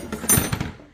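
A locking pin is handled at the holes in the side of a quick-release puck for the trolling motor mount on a NuCanoe Unlimited fishing kayak. A few short knocks and clunks come through, with a sharp tap at 0.1 s and louder hits around 0.3 to 0.6 s before the sound fades out. The pin has not seated or locked yet.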